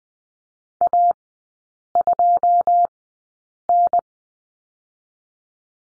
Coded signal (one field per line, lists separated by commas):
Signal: Morse code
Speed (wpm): 20 wpm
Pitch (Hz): 700 Hz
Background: none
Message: A 2 N